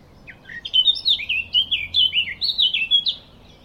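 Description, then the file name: Eurasian blackcap song: a loud, clear phrase of rich fluted whistles, with short notes rising and falling in quick succession for nearly three seconds. "Sylvia atricapilla"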